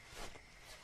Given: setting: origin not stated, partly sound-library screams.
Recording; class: one-second piece from a danger detection set; normal situation